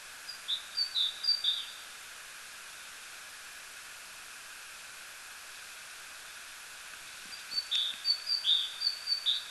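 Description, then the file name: Great tit singing short see-saw phrases of two high notes, stopping for a long pause, then repeating the same two-note pattern; faint hiss in the background. "Parus major"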